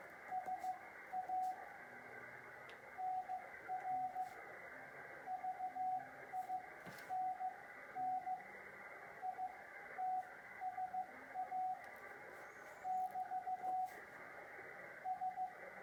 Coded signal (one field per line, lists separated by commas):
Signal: Morse code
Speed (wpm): 15 wpm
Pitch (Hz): 740 Hz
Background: radio noise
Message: SA NR VINNITSA <BT> S